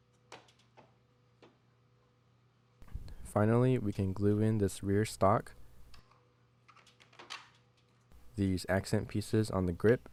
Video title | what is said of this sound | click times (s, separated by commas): Make Your Own RX-78-2 Beam Rifle 1/10 Scale Cosplay | The scope then pops into place on the mount. | 0.3 s